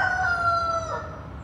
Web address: chicken with traffic